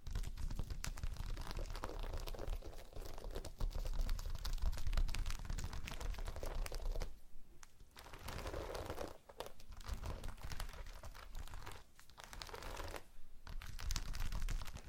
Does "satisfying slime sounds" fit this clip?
yes